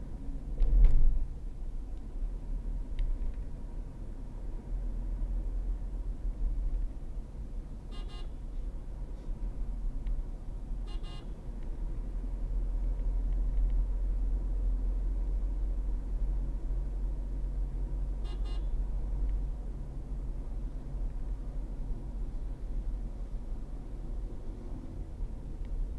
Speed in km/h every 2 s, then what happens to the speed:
43, 46, 48, 47, 47, 47, 50, 52, 53, 53, 51, 50, 44.
0-8 steady at about 47. 8-18 speeds up to 53. 18-26 slows to 44.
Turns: none.